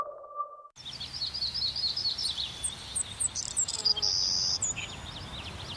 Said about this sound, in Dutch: Blijf genieten van het gefluit van vogels.